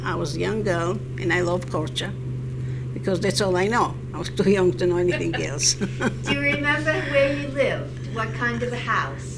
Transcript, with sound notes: I was young girl, and I loved Korcë, because that's all I know. I was too young to know anything else. (she laughs)
Do you remember where you lived? What kind of a house?